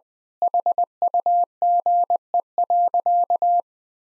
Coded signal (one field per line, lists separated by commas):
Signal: Morse code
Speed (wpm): 21 wpm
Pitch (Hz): 700 Hz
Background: none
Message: HUGE.